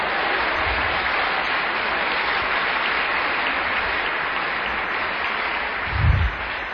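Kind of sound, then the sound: crowd, audience applauding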